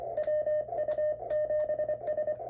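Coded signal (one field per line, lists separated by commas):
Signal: Morse code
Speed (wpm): 24 wpm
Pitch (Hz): 610 Hz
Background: none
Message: WU7S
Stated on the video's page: Quick QSO between two stations both using MTR3B rigs.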